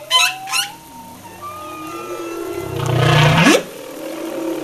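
Humpback whale song with two short high whoops, a long thin whistle-like tone, then a low rumbling groan that sweeps sharply upward.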